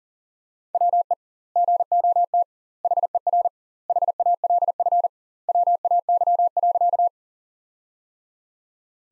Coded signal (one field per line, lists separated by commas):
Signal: Morse code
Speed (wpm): 40 wpm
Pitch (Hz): 700 Hz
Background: none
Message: WE GOT HER HALF WAY.